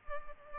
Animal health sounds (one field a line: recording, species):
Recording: mosquito wingbeat signal from an infrared sensor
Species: Culex pipiens